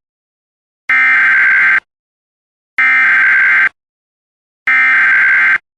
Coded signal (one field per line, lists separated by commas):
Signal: Emergency Alert System (SAME) tones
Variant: header bursts